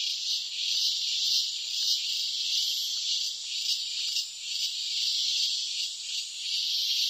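Cicada song, a steady high hissing buzz that pulses gently in loudness throughout.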